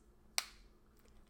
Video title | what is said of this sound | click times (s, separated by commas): INTRODUCING: The Creative Woodburner by Walnut Hollow | to put a new one on you just line it up and it snaps right into place how easy is that | 0.4 s